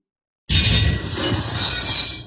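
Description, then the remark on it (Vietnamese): After a moment of silence, a black iron sword, clashing against a purple war spear, bursts apart in a sudden loud shattering crash, followed by a sustained, bright rain of clattering, tinkling fragments that holds steady to the end. “Quả nhiên đúng như dự liệu, truyền đến tiếng sắt thép vỡ vụn.”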